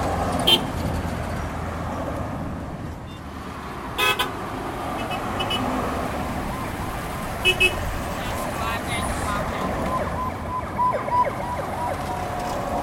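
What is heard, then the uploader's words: City traffic rumbles steadily, a dense low roar of engines that never lets up. Sharp clanks and knocks break through around 0.5, 4, 7.5 and 11 seconds, and a faint siren-like tone and snatches of voices drift in and out. The sound of traffic from five different cities - Accra, Beirut, Chicago, Copenhagen and London.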